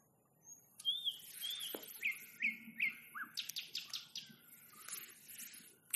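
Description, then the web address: Nightingale song: a high whistle, slurred notes, then a dense burst of clicking and rattling phrases, ending with a sharp note. Nightingale song recorded in May 2021. "spiew-slowika-2021-maj-spiew-slowika"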